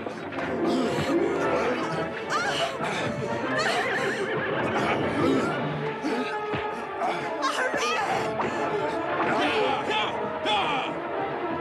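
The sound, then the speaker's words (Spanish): A horse whinnies repeatedly in shrill, wavering cries amid a loud, continuous din of shouting voices and commotion. “¡Denme el caballo!”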